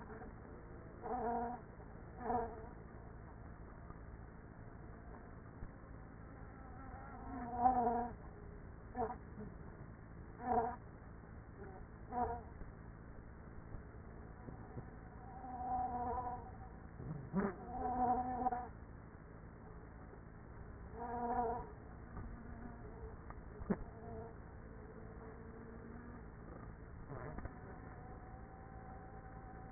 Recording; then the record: honeybee colony, microphone inside the hive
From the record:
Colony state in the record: queenless with a low population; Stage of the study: after two queens were removed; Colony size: about 30,000 bees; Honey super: no